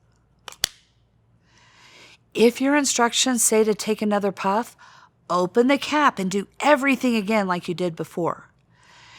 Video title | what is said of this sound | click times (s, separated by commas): Pediatric Respiclick Tutorial | close the cover and make sure you hear a click so you know it's closed like this | 0.6 s